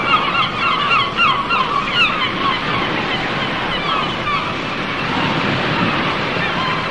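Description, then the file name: Gulls calling, many overlapping harsh squealing notes over a steady roar of noise. "seagulls"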